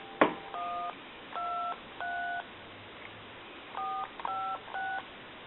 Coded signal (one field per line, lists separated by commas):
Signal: DTMF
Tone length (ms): 280 ms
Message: 123 456